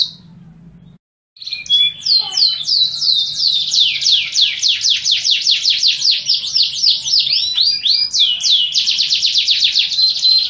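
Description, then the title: Canary song: after a brief silence, an energetic run of quick downslurred chips and dense rolling trills, pitch stepping up and down across phrases. Master recording of canary song, used for training canaries. "Suara Burung Kenari Masteran"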